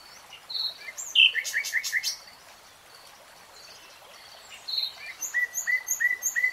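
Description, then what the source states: Nightingale song: a sharp whistled phrase, a buzzy burst, then a pause before a run of short repeated chirps, with soft bird calls in the background. Nightingale singing in real time.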